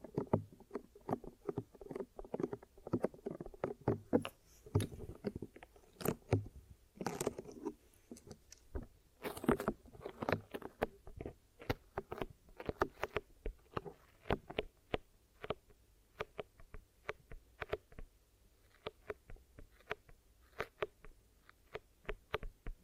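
Sticky, crackling sounds of glue worked over an ear in a massage and cleaning. The first half is dense with rapid wet pops and rubbing, peaking around six to ten seconds, then thins into sparser, sharp clicks and taps through the end.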